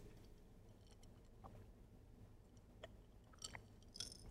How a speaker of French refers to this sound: Vous remarquez le temps de pause de la gorgée.